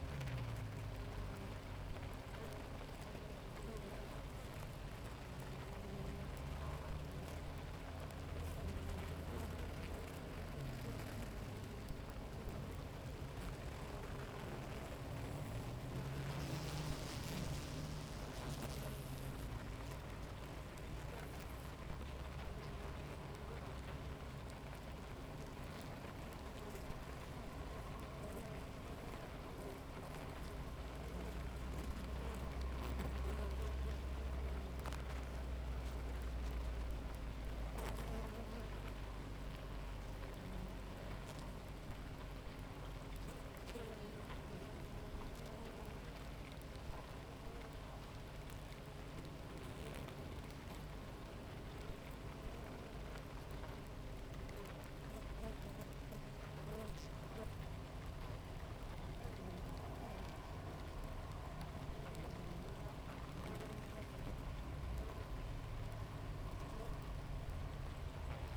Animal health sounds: honeybee colony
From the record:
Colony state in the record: active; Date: 28 July 2017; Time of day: 7:00

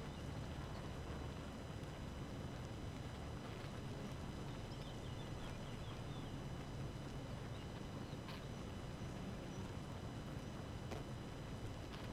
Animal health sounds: honeybee colony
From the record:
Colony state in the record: active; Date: 12 June 2018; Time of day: 4:40

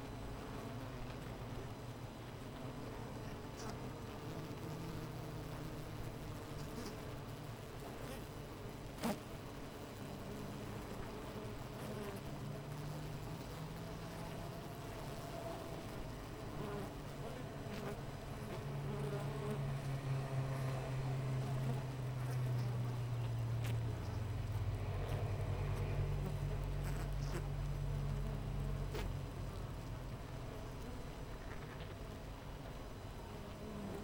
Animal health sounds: honeybee colony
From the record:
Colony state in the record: missing queen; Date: 14 July 2017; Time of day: 8:20

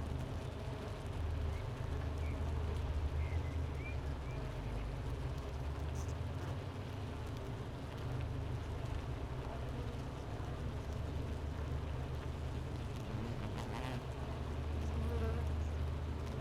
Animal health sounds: honeybee colony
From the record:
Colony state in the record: missing queen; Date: 31 May 2018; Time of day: 10:14

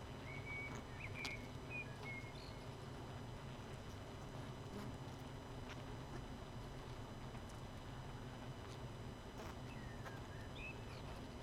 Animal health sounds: honeybee colony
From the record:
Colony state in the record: missing queen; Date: 31 May 2018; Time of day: 19:08

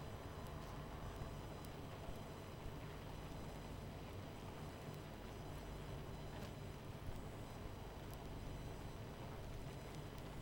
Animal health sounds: honeybee colony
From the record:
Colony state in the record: missing queen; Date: 14 July 2017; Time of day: 22:15

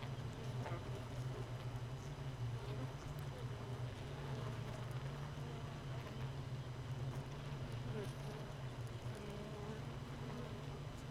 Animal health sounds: honeybee colony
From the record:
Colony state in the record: missing queen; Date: 31 May 2018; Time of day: 4:45

